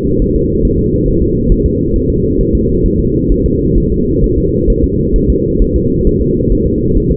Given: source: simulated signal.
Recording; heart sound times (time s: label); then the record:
fetal heart sounds
0.22 s: S1
0.36 s: S2
0.65 s: S1
0.79 s: S2
1.08 s: S1
1.23 s: S2
1.52 s: S1
1.66 s: S2
1.96 s: S1
2.10 s: S2
2.41 s: S1
2.55 s: S2
2.86 s: S1
3.00 s: S2
3.32 s: S1
3.46 s: S2
3.78 s: S1
3.92 s: S2
4.24 s: S1
4.38 s: S2
4.70 s: S1
4.84 s: S2
5.16 s: S1
5.30 s: S2
5.62 s: S1
5.76 s: S2
6.07 s: S1
6.21 s: S2
6.52 s: S1
6.67 s: S2
6.97 s: S1
7.12 s: S2
From the record:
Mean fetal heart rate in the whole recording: 135 bpm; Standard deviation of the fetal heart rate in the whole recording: 3 bpm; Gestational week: 36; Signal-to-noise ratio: -10.2 dB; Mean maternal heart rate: 72 bpm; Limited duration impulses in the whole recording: present